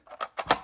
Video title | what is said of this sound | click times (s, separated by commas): Voiture Hobbytech CRX18 ( VosgesModelisme.fr ) | Tac, ça se clipse super bien. | 0.5 s